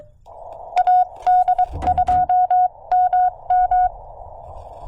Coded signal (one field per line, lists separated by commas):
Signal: Morse code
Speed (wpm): 22 wpm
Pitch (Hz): 730 Hz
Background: none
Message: AD2MM